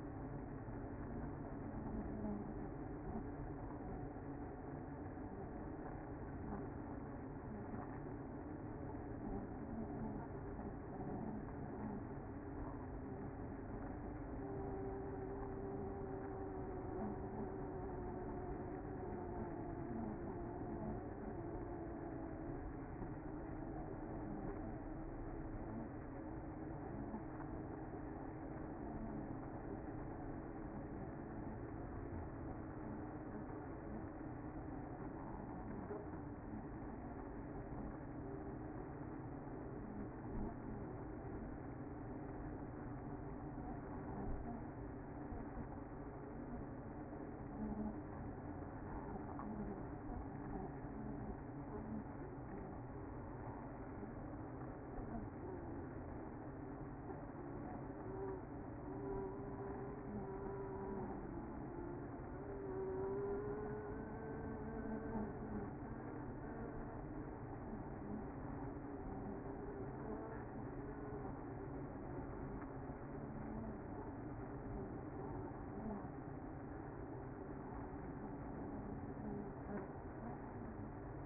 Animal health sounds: honeybee colony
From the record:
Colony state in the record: active

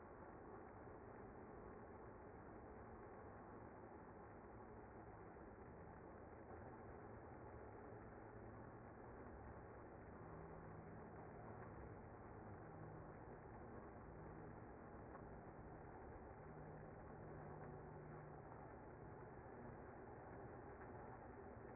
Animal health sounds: honeybee colony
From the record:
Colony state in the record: active

